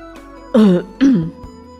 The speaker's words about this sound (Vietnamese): Triệu Phổ ho hai tiếng